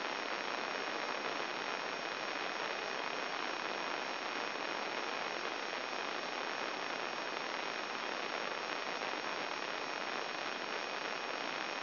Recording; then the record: brain microelectrode recording played as sound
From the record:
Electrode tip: inside the subthalamic nucleus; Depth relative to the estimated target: 2 mm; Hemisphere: left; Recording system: AlphaMap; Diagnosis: Parkinson's disease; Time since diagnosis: 7 years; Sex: male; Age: 59 years